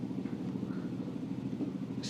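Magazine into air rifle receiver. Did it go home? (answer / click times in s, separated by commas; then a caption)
no / none. An air rifle magazine is slid slowly into the receiver, flat side down, and lined up before being pushed home. A steady low rumble like a vehicle runs throughout, with a brief higher hiss at the very end. Nothing has clicked or seated yet.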